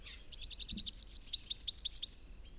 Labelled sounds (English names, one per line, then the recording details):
Rufous-capped Warbler song
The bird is a male
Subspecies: rufifrons
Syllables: 20
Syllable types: 6
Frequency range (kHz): 2.6-7.8 kHz
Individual YA-OSW-M